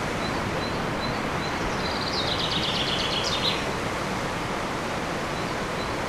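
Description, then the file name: Common chaffinch song, a bright cascading trill falling in pitch and closing with a sharp flourish, set against constant wind roar. Recorded in wind on 7 May 2011 with an MZ-N710 recorder. "vent et pinson 7 05 11"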